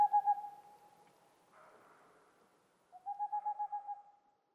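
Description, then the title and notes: Boreal owl song: a fading hooted run at the start, a short noise, then another rapid series of level hoots. Singing male near a Black Woodpecker nest hole, in the mountains near the Mediterranean, 2 April 2019, 20:15; homemade parabolic dish, two omni microphones, MixPre-3 recorder. "02 avril 2019-20h15-en montagne"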